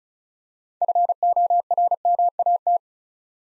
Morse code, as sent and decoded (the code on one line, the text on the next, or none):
..-. --- .-. -- .- -
FORMAT